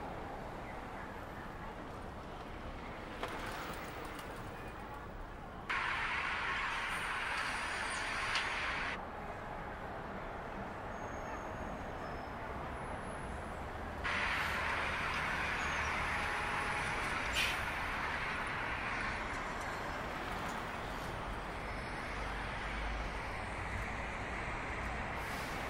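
City sounds: a dense, steady rumble of traffic runs throughout. A brighter rushing hiss, like a passing vehicle, swells in around six seconds and fades near nine, then returns louder at fourteen seconds and holds to the end.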